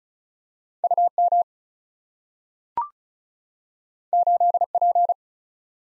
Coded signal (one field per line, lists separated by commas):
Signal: Morse code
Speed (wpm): 36 wpm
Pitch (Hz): 700 Hz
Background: none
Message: U M 8 P